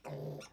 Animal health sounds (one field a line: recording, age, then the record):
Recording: pig call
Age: piglet (1 to 25 days)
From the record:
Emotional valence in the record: negative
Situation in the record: restrain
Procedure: back test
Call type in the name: low-frequency call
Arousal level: medium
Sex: male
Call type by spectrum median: low-frequency call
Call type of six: mixed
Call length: 0.52 s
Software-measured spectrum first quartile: 194 Hz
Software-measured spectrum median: 436 Hz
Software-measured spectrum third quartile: 915 Hz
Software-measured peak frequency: 520 Hz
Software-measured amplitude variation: 153 dB a second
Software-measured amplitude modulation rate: 22.0 a second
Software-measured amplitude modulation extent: 6.9 dB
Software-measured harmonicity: 0.3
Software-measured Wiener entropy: -0.29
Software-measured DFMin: 1038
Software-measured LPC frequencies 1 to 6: 501, 2581, 3694, 5548, 6365, 8348 Hz